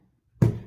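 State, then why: Seated. A dust filter assembly is refitted into the plastic body of a cordless vacuum cleaner. After near silence, a single sharp click lands at 0.4 s and fades over the next few tenths of a second. The click confirms the filter is seated correctly, since no click would mean it is not installed properly.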